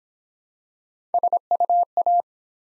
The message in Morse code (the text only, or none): SUA